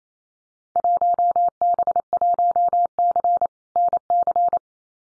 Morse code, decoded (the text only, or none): 1B1C NC